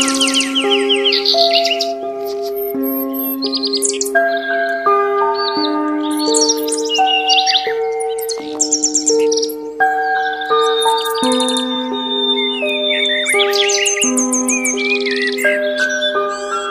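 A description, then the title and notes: Wild birds chirp and trill over soft relaxing music throughout. The music moves through slow, held chords that change every second or two, with no beat. Bright, quick bird calls come in frequent bursts above it, busiest near the start and around ten to fourteen seconds. WILD BIRDS NATURAL SOUNDS AND RELAXING MUSIC.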